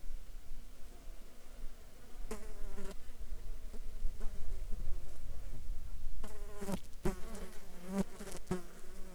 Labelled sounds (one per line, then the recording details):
insects
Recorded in Ivvavik National Park, Yukon, on 7 July 2019 at 13:11
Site SINP03